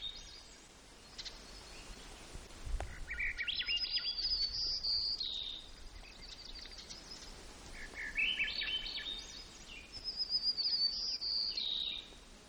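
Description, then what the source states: White-crowned sparrow song given twice: buzzy lower notes and a high pure whistle, then a descending slurred ending, against steady hiss with a brief thump. Recorded in Gates of the Arctic, Alaska, on 17 June 2018 at about 12:57.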